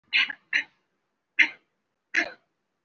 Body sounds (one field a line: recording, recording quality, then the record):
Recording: shallow voluntary cough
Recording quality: excellent, no background noise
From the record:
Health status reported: recovered from COVID-19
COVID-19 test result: positive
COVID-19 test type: RT-PCR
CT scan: taken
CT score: 0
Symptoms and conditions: breathing difficulty, asthma, another respiratory illness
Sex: female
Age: 65 years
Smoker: no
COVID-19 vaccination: none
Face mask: worn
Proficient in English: no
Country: India